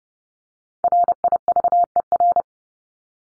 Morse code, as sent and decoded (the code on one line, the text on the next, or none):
.-. .. ...- . .-.
RIVER